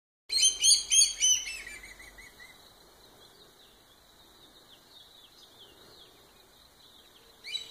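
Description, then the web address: Common black hawk calling: a rapid series of shrill, harmonic piping notes, about three a second, fading after two seconds, then a faint thin whistle in the background. Call, in southeast Arizona. "common black hawk in se az"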